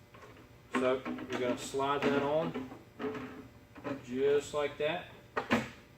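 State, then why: Seated. The plastic product bowl of an Ugolini beverage dispenser is slid onto its rear seal and pushed back into the machine base while someone talks. Two short, sharp hits are heard at 5.4 and 5.5 seconds as the bowl's feet lock into place and the bowl is seated.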